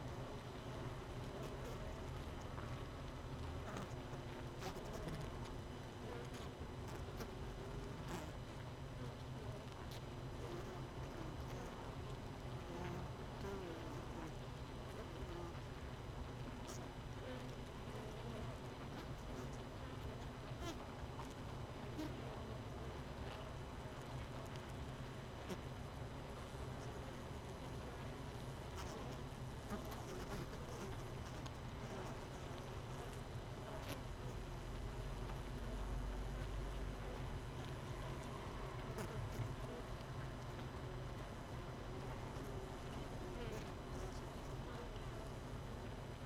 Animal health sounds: honeybee colony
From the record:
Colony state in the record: missing queen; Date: 31 May 2018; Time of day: 17:41

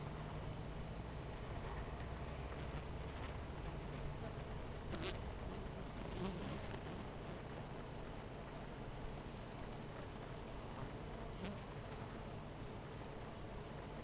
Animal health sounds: honeybee colony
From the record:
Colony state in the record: missing queen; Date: 14 July 2017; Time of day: 10:10

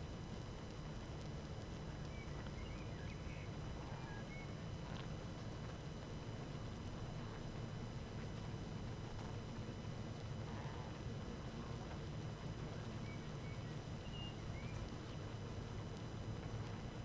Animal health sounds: honeybee colony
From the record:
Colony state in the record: active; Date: 12 June 2018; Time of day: 19:01

